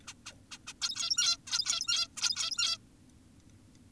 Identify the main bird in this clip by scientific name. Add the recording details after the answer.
Taeniopygia guttata. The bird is an adult. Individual g17y2U